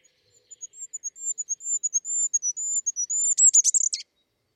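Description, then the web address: Bird calling in a fast string of high, slightly wavering thin notes that build in loudness and close with a jumble of buzzy sweeps. "birddata Deverinetal 2025 Bird Only"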